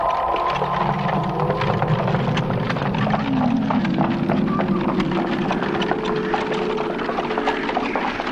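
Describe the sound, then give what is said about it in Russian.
Hooves clip-clop steadily as a horse-drawn carriage rolls along, the sharp clopping set over a continuous low rumble of wheels, with no one speaking. “Он устремился в сени, накинул плащ, выбежал из дому, упал в карету.”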